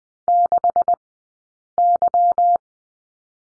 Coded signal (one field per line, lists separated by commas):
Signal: Morse code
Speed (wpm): 20 wpm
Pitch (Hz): 700 Hz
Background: none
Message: 6 Y